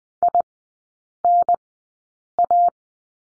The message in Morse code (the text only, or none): INA